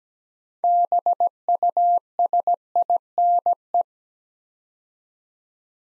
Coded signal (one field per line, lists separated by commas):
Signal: Morse code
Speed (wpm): 17 wpm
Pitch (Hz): 700 Hz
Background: none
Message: BUSINE